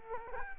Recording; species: mosquito wingbeat signal from an infrared sensor; Culex quinquefasciatus